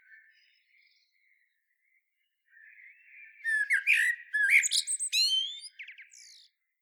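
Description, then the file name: Common blackbird singing: a faint low fluty opening, then a louder run of squeaky, scratchy notes and high twitters. "Turdus merula"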